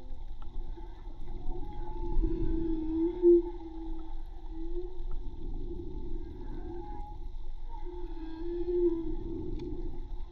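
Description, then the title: Whale song: long, low tonal moans with faint higher overtones, recurring over constant low rumbling noise. Recorded with a hydrophone from a boat at Tribugá. "CANTO DE BALLENAS HIDROFONO MAGMA TRIBUGA J BARCO"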